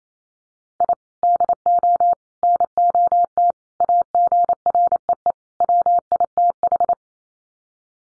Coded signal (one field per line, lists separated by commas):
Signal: Morse code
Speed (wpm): 28 wpm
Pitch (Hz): 700 Hz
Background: none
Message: I DO NOT AGREE WITH